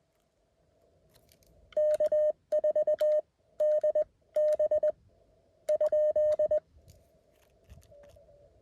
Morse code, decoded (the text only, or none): K4DB ?